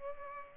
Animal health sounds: mosquito wingbeat signal from an infrared sensor; Culex pipiens

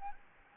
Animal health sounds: mosquito wingbeat signal from an infrared sensor; Anopheles gambiae

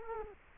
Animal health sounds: mosquito wingbeat signal from an infrared sensor; Culex quinquefasciatus

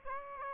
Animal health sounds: mosquito wingbeat signal from an infrared sensor; Aedes aegypti

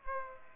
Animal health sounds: mosquito wingbeat signal from an infrared sensor; Aedes aegypti

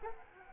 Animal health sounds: mosquito wingbeat signal from an infrared sensor; Anopheles arabiensis

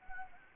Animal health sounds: mosquito wingbeat signal from an infrared sensor; Anopheles arabiensis

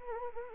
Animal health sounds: mosquito wingbeat signal from an infrared sensor; Anopheles arabiensis

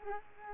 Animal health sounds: mosquito wingbeat signal from an infrared sensor; Culex quinquefasciatus

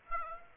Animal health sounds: mosquito wingbeat signal from an infrared sensor; Aedes aegypti

